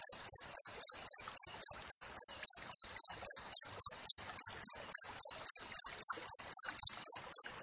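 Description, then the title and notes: Cricket chirps, shrill and evenly spaced, repeating nearly four per second without pause across the whole stretch. Wild cricket sound with tightly spaced chirps, used for training songbirds and for repelling rats. "Masteran Jangkrik Alam Jernih, Jeda Rapat Cocok Untuk Masteran Burung Dan Mengusir Tikus. suara jangkrik"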